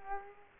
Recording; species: mosquito wingbeat signal from an infrared sensor; Culex quinquefasciatus